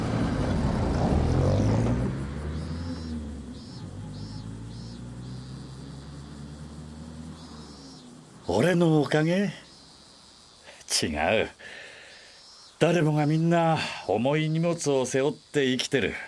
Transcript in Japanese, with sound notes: 晴悟郎： （軽トラ去る） 俺のおかげ？…ちがう…。誰もが皆重い荷物を背負って生きてる。